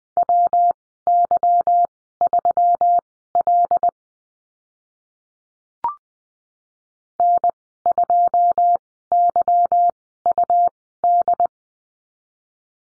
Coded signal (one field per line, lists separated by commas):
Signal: Morse code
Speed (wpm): 20 wpm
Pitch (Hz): 700 Hz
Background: none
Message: WY3L N2YUD